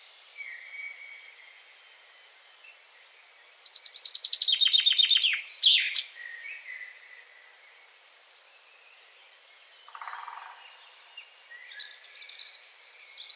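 Common chaffinch song: a single descending trill of quick repeated notes with a closing flourish, amid quiet chirps from other birds and a brief lower call later.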